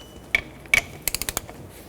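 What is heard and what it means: A torque wrench set to 26 ft-lb tightens the caliper slider bolts on a 2006-12 Toyota RAV4 during front wheel bearing and hub replacement. Two loud, sharp clicks at about 0.4 s and 0.7 s mark the wrench reaching its setting, one for each bolt, followed by a run of quicker, lighter metallic ticks from about 1.1 s to 1.4 s. Both bolts are torqued to spec.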